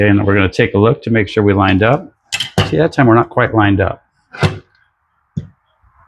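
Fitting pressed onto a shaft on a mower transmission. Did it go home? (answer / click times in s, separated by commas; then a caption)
yes / 4.4 s. A fitting is squeezed onto a shaft on a mower transmission with channel-lock pliers during repair, after re-aligning it. Someone talks at first, then the part clicks into place at 4.4 s, followed by a couple of faint knocks near 4.8 s and 5.4 s. The fitting is seated.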